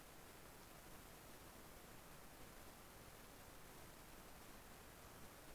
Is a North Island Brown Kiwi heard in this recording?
no